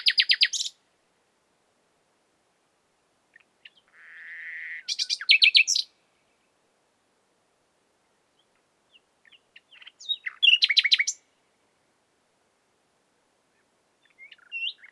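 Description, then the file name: Common nightingale singing in separate phrases about every five seconds: rapid rattling trills and sharp high notes, one phrase preceded by a soft whistle growing louder. "Luscinia megarhynchos"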